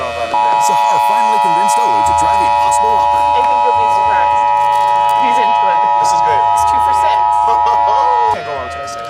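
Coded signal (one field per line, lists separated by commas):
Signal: Emergency Alert System (SAME) tones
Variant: 853 and 960 Hz attention tone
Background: speech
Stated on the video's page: Fictional EAS scenario made with Audacity and text-to-speech software.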